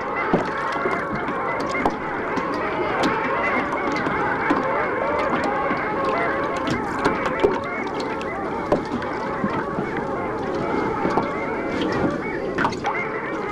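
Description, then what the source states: Long-tailed Ducks calling as a flock, a dense continuous chorus of nasal, yodelling calls overlapping throughout, with occasional clicks. Flocks of long-tailed ducks out in the open sea of the Gulf of Finland, around late April before they continue migrating; the species calls its own name.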